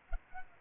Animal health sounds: mosquito wingbeat signal from an infrared sensor; Culex pipiens

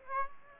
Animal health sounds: mosquito wingbeat signal from an infrared sensor; Aedes aegypti

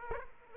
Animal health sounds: mosquito wingbeat signal from an infrared sensor; Aedes aegypti

